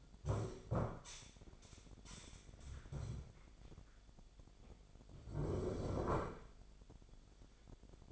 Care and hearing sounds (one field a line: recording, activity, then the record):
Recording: daily activity, microphone in the room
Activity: stand up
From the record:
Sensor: 5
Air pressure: 1008.0 hPa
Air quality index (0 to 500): 153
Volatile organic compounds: 3 ppm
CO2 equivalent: 1474 ppm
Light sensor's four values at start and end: 57/161/62/62 and 57/161/62/62